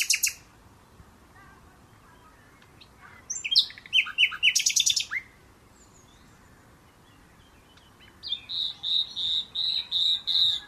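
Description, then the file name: Common nightingale singing: a short opening note, a phrase of rapid harsh pulses midway, then a steady run of loud repeated notes near the end. "Luscinia megarhynchos"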